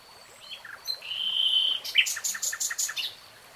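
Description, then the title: Nightingale song: a long pure whistle held steady, then a rapid run of loud repeated notes. Nightingale singing, recorded in real time. "[Tiếng chim hót] 3 Hours REALTIME Nightingale Singing"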